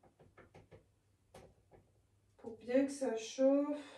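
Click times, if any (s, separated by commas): none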